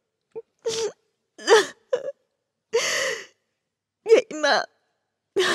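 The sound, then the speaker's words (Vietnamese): A woman's voice acts out sobbing hiccups while clutching her chest and feigning great pain: a string of short, uneven, breathy catches and gasps with tearful moaning tones, broken by brief pauses. “nấc lên một tiếng, lấy tay ôm ngực ra vẻ đau đớn lắm.”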